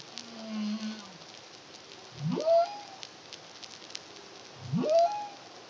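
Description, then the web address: Humpback whale song units: a flat low moan, then two rising whoops that sweep up and level into a clear high tone, against faint crackling background. Humpback whale song, Caribbean, 2023. "CARIMAM humpback whale song"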